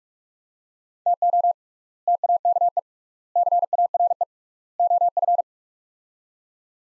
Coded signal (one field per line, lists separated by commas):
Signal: Morse code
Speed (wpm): 46 wpm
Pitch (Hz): 700 Hz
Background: none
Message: TO TAKE CARE OF